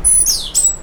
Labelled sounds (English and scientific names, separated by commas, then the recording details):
Stitchbird (Notiomystis cincta) song
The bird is a male
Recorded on Tiritiri Matangi Island, New Zealand, in 2005
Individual 1, of nest box 1